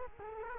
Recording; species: mosquito wingbeat signal from an infrared sensor; Culex quinquefasciatus